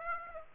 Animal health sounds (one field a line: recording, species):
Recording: mosquito wingbeat signal from an infrared sensor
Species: Aedes aegypti